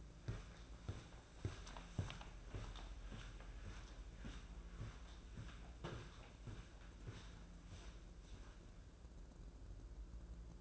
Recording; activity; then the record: daily activity, microphone in the room; walk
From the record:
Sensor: 2